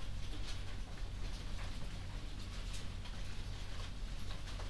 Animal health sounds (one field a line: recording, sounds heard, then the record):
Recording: poultry house recording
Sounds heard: no chicken sound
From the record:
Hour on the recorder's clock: 22